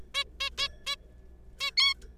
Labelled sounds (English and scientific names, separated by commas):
Zebra Finch (Taeniopygia guttata)